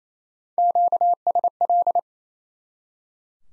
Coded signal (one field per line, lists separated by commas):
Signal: Morse code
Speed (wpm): 28 wpm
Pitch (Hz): 700 Hz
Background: none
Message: QSL